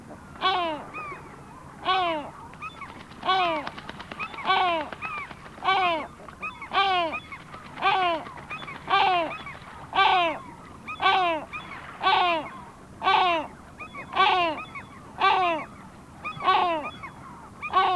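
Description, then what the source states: Great Black-backed Gull giving a repeated series of deep, descending calls. Sweden.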